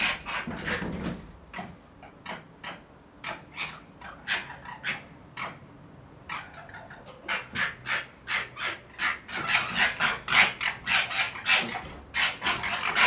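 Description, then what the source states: Red fox chattering in rapid, harsh, rasping pulses. Bursts cluster at first, ease off midway, then speed up again into a dense run toward the end. Chattering vocalisation.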